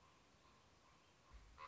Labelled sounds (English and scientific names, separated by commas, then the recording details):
Common Raven (Corvus corax)
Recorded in Sonoma County, California